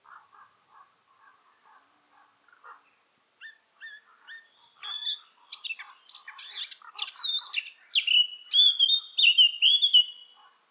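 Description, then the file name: Eurasian blackcap song: soft low chattering and short repeated notes building into a loud, rich fluting warble that ends in clear sliding whistles. "Sylvia atricapilla"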